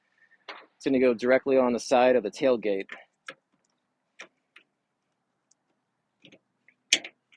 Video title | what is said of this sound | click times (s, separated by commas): 2022 Ford Maverick - 6 Month Review | hear the click | 6.9 s